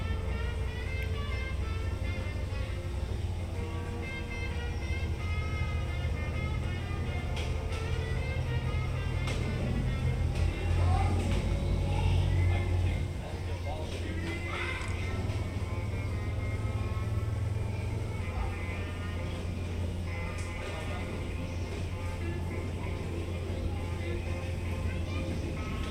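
A lobby and gift shop by the river, with a steady low rumble like an idling engine running throughout, growing louder around ten to thirteen seconds. Voices murmur and talk over it, with scattered clicks and light knocks along the way.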